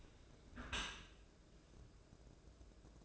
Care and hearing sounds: daily activity, microphone in the room; close dishwasher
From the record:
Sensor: 2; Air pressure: 1012.2 hPa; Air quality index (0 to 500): 147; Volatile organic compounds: 2 ppm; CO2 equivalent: 1079 ppm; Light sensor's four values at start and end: 413/1026/415/422 and 413/1028/416/423

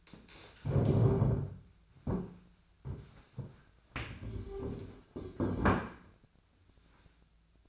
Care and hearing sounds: daily activity, microphone in the room; stand up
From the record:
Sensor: 2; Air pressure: 1008.1 hPa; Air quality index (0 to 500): 181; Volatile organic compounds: 10 ppm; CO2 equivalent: 2231 ppm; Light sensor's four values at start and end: 11/27/11/12 and 11/27/11/12

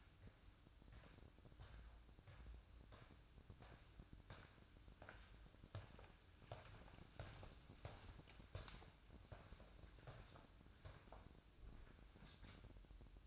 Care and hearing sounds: daily activity, microphone in the room; walk to room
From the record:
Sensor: 2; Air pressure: 1008.0 hPa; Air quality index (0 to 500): 116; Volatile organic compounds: 1 ppm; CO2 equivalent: 860 ppm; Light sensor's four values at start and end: 7/17/7/7 and 7/16/7/6

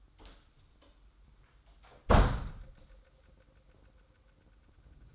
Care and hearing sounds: daily activity, microphone in the room; close door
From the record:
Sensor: 3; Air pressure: 994.3 hPa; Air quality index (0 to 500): 205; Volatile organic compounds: 1000 ppm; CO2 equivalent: 6853 ppm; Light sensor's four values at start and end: 117/278/114/108 and 113/269/110/103

